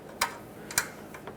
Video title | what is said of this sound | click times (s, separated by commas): How to Replace Radiator 1995-2004 Toyota Tacoma 2.4L L4 | just like that that's locked in just repeat the process | 0.2 s, 0.8 s